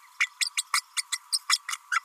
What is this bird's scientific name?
Forpus passerinus